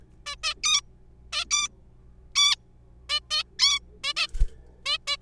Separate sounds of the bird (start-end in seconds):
0.26-0.35, 0.43-0.53, 0.63-0.81, 1.33-1.45, 1.51-1.68, 2.36-2.55, 3.09-3.20, 3.31-3.43, 3.59-3.79, 4.04-4.13, 4.17-4.27, 4.86-4.98, 5.07-5.17